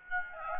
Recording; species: mosquito wingbeat signal from an infrared sensor; Aedes aegypti